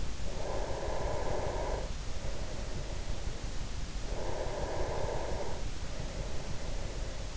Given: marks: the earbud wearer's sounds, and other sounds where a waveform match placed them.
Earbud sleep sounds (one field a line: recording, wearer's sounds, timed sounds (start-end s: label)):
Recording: sounds in sleep by an in-ear microphone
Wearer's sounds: breath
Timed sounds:
0.22-3.82 s: breath
4.04-7.37 s: breath